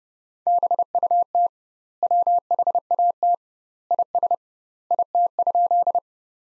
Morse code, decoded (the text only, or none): BUT WHAT IS IT?